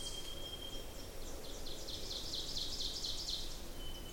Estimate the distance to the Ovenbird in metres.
about 95 m